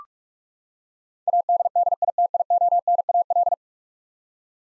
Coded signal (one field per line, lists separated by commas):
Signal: Morse code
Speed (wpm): 46 wpm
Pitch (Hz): 700 Hz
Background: none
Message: ADDITIONAL